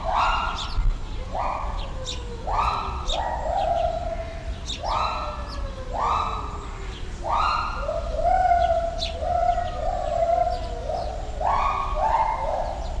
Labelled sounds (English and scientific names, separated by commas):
Pileated Gibbon (Hylobates pileatus)